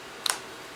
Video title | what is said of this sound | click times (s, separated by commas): Unboxing the DB Power SJ4000 sport action camera | and it clicks right into place and then after that's done I take this piece | 0.3 s